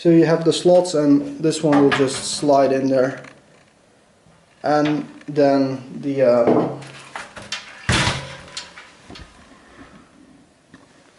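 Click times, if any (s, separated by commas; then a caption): 7.9 s. In a Zalman Z11 Plus PC case, a part is slid into a slot and a plastic tool-less retention clip is pressed closed over it while someone talks. A few small knocks come before and after the sharp snap of the clip at 7.9 s. The clip clicks in and the part is seated and held in place.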